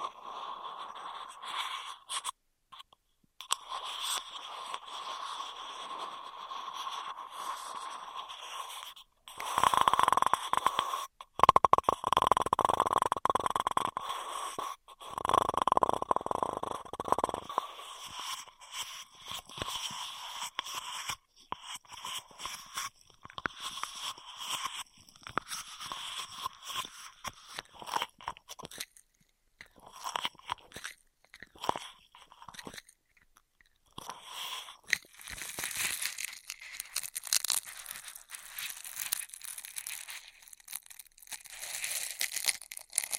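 Straw sounds, with quick crinkly, crunchy rustles and short taps coming in dense bursts separated by brief gaps. A louder, fuller stretch runs from about 9 to 17 seconds, and the rest stays busy and bright with crisp crackling and an occasional faint whistle-like tone.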